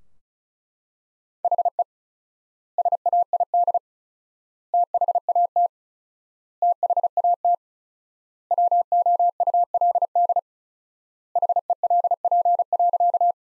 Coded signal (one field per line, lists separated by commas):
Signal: Morse code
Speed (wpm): 34 wpm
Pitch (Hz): 700 Hz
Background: none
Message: HE SAID THAT THAT WOULD HELP.